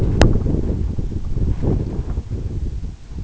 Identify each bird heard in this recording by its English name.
none